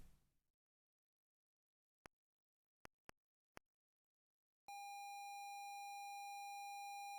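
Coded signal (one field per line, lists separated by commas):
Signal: ZX Spectrum tape loading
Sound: brief hiss, four quick clicks, then a steady buzzy lead tone around 800 Hz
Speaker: we will load tape copy of 4.2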